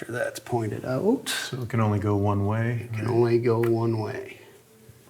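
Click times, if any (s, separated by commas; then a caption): none. A wiring connector for the lockup control on a vacuum-switched 700-R4 transmission is lined up so it can only go one way, ready to be pushed into its socket on the transmission case. Someone talks throughout, and the sound quiets toward the end. The connector has not seated or clicked in yet.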